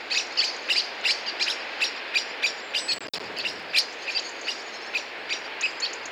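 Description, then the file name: Common blackbird delivering rapid, metallic chink notes in an irregular stream, about three per second, with one brief click partway through and low hiss. "Turdus merula"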